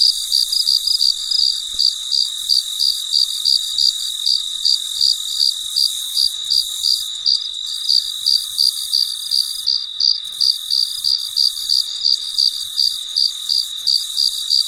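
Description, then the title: Cricket producing a running sequence of sharp high chirps, evenly spaced and fast, against a constant shrill hum. Recorded late at night, described as very quiet. "深夜录制蟋蟀昆虫声"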